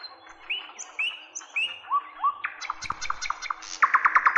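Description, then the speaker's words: Nightingale song of slow, separate rising whistles that give way to sharp clicking notes and a short, fast burst of repeated notes. Sings in spring in a forest from nearby bushes, after dawn as the sun rises higher and some birds fall silent. "Начинает петь соловей."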